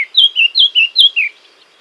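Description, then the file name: Eurasian blackcap giving six loud, clear whistled phrases in quick succession, evenly spaced and slightly falling, then stopping abruptly. "Sylvia atricapilla"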